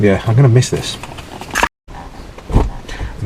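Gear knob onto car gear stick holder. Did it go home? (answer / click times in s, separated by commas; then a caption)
yes / 1.6 s. A new aluminium Lil'Devil gear knob is pushed onto the gear stick knob holder of a BMW E46 330i with a sharp bang at 1.6 s, its internal clips snapping onto the holder so the knob seats. Someone talks before and after, and a brief silence follows the bang.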